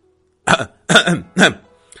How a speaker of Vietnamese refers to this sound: Lý Niệm Phàm vội vàng ho một tiếng nói